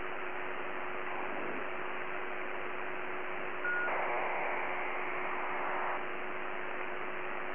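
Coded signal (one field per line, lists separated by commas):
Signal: ACARS aircraft data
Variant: HFDL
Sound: steady radio hiss, a short tone, then a two-second rushing data burst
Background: radio static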